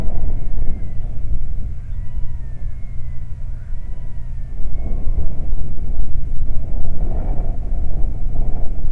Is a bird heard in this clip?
yes